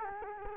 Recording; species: mosquito wingbeat signal from an infrared sensor; Culex quinquefasciatus